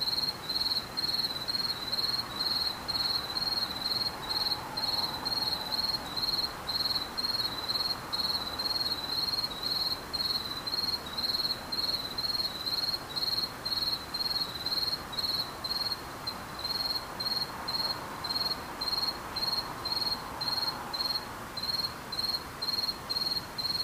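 Insects chirp without pause, a high, bright pulsing trill that repeats in quick, regular bursts for the whole stretch, with a fainter even higher tone above it. Underneath lies a soft, steady hiss of outdoor background noise that swells slightly at times.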